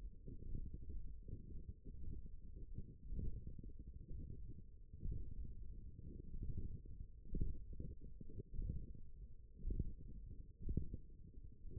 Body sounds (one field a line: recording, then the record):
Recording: forearm muscle sounds (acoustic myography)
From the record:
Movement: tripod grip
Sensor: system 1, eight BSWA MPA416 microphones around the upper forearm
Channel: 7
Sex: female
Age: 20 years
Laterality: right